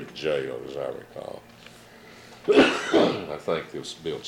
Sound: coughs

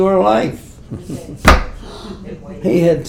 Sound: sound of hands smacking together

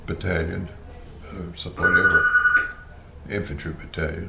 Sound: loud phone ringing sound - once

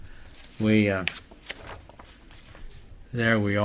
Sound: paper shuffling sound

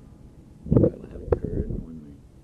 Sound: microphone noise

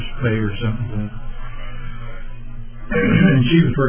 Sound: clears throat

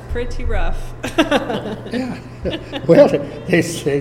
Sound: chuckling

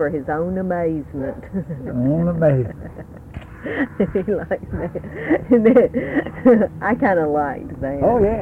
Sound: laughs

